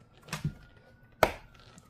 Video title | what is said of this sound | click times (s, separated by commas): How to replace your car's engine air filter | You'll hear a snap. | 1.2 s